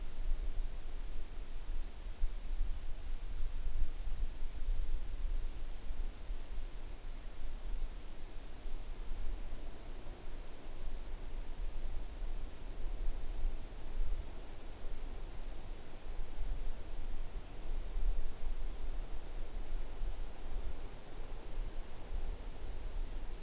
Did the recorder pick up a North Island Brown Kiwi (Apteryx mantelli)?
no